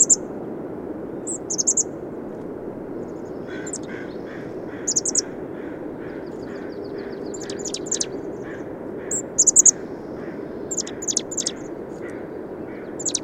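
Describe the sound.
Birds singing with high, thin chirps and quick trilled bursts, over a softer series of lower notes repeated about twice a second, all against steady hiss.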